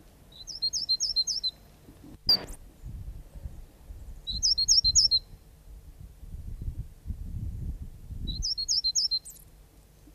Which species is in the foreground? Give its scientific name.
Parus major